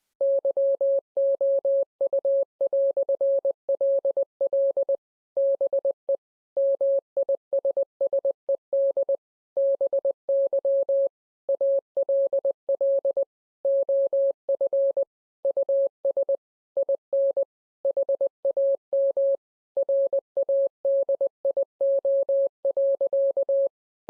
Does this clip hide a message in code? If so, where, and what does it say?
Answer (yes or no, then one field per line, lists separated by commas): yes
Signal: Morse code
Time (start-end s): 0.2-23.7 s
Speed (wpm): 20 wpm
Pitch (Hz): 550 Hz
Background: none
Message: YOU"LL BE MISSED BY ALL OF US IN HAM RADIO.